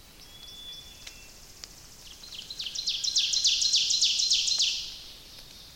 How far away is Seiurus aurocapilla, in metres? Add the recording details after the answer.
about 30 m. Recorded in boreal forest in Alberta, Canada, on 29 May 2016 at 05:48. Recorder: SongMeter 3, array SBT-3-49. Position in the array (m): 136 m, 201 m. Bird 14